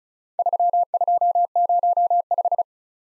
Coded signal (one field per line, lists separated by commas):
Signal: Morse code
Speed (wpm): 36 wpm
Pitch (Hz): 700 Hz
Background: none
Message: 3205